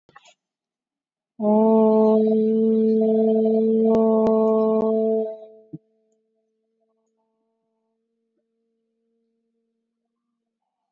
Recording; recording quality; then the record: sustained vowel as in boot; moderate, slight background noise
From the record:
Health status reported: COVID-19 positive, mild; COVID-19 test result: positive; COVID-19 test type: RT-PCR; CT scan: taken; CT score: 0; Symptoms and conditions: fatigue, another condition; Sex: female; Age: 35 years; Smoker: no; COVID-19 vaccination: one dose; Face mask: worn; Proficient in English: yes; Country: India